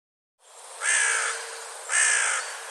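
Bird, two rough cawing calls about a second apart.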